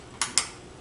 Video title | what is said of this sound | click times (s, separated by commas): Upgrading Laptop Memory | you hear them click click click okay so we know that one's in there nice and snug | 0.2 s, 0.4 s